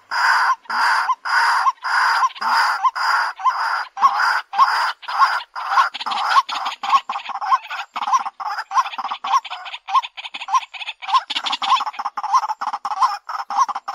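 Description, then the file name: White-breasted waterhen giving a long run of harsh, croaking notes that speed up into a fast, rhythmic series of short rising calls. Calling during the daytime. "tieng cuoc keu ban ngay"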